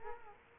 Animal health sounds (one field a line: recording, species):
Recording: mosquito wingbeat signal from an infrared sensor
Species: Culex quinquefasciatus